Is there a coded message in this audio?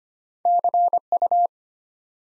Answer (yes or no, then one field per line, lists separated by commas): yes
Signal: Morse code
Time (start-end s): 0.5-1.5 s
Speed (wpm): 25 wpm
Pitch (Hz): 700 Hz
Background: none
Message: CU